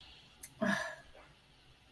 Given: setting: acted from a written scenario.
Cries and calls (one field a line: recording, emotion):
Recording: vocal sound without words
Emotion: shame